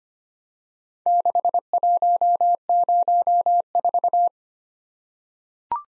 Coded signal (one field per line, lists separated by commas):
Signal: Morse code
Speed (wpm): 25 wpm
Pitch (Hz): 700 Hz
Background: none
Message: 6104